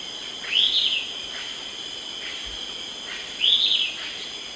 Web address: Natures Songs S America Eastern Lowlands. Myiopagis flavivertex, dawn song